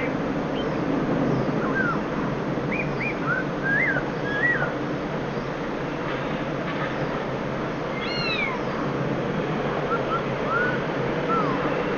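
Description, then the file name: Black-throated laughingthrush giving a series of short looping whistled notes, then a loud slurred descending phrase and softer rising whistles, over persistent background noise. Call; subspecies chinensis; recorded at Wutong Shan, Shenzhen, on 7 January 2012. "Black Throated Laughingthrush Ssp Chinensis Call. Shenzhen Wu Tong Shan"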